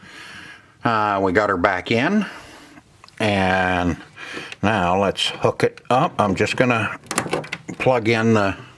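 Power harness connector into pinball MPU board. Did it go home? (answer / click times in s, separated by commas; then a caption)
no / none. A power harness connector is handled and brought to the MPU board of a Bally Night Rider solid state pinball machine while someone talks. The connector has not seated or clicked yet.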